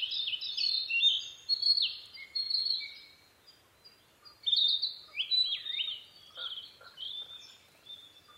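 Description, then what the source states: Narcissus flycatcher singing bright, slurred whistles and quick warbled phrases in bursts, with short pauses. Recorded 15 May 2011 at 04:10.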